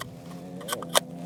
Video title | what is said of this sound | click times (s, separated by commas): Never Seen Freewell K2 VND CPL Filter System... Worlds First | like that it's magnetic and it clicks into place then you flip this round | 1.0 s